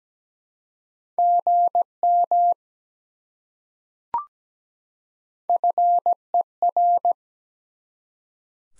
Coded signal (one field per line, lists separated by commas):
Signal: Morse code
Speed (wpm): 17 wpm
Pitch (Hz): 700 Hz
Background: none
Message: GM FER